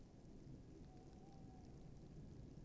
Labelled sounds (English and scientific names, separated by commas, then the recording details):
Tawny Owl (Strix aluco)
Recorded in Germany
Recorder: ecoPi